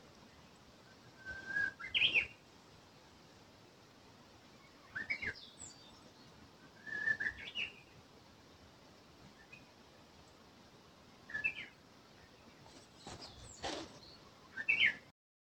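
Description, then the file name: Japanese bush warbler singing faintly, each phrase a held whistled note that jumps into a quick rising flourish, repeated several times over steady background hiss with occasional clicks. "uguisu"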